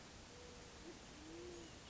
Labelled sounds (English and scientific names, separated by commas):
Band-tailed Pigeon (Patagioenas fasciata)